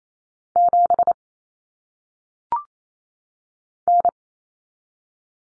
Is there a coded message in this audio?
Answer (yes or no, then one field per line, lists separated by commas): yes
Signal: Morse code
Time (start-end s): 0.6-4.1 s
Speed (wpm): 28 wpm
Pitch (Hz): 700 Hz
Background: none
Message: 7 N